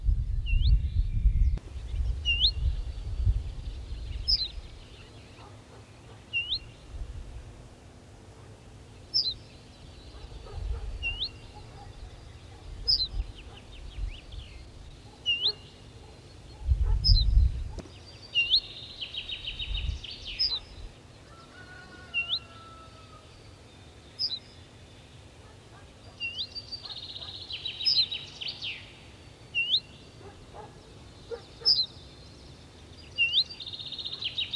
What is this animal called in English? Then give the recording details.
Ortolan Bunting. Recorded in the wild. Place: Schloß Holte-Stukenbrock, Senne, Nordrhein-Westfalen, DE. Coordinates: 51.8856, 8.66111. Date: 1973-05-20. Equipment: Uher 4200 Report Stereo, Bändchenmikro Beyer M 260, Parabolspiegel Polyester (600 mm). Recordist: Conrads, Klaus. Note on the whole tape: Hof Stallmann I (Furlbach-Gebiet). Alarm (hüi, psi), Gesang